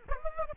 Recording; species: mosquito wingbeat signal from an infrared sensor; Aedes aegypti